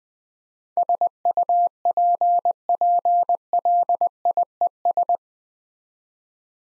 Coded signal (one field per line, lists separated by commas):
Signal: Morse code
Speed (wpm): 21 wpm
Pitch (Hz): 700 Hz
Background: none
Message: SUPPLIES